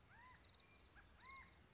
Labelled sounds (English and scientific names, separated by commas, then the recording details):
California Quail (Callipepla californica)
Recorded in Sonoma County, California